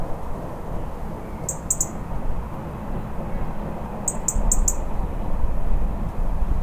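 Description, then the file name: European robin calls: sharp high ticks, a few early and a run of four later, against a constant low roar of background noise. "Erithacus rubecula - European Robin"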